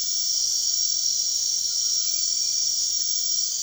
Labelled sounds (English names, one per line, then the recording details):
none
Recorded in dense forest near Puerto Asís, Putumayo, Colombia, on 21 March 2025 at 23:30
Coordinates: 0.499, -76.324
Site GP03